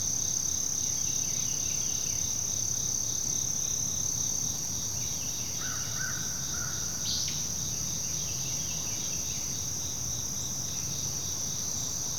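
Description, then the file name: Crickets in a steady chorus, a continuous high pulsing trill with a second layer beneath it, and a brief bird call near the middle. Continual cricket chorus in a forest ambience, with other insects and birds. "kevin boucher nature forest ambience continual chorus crickets other insects birds"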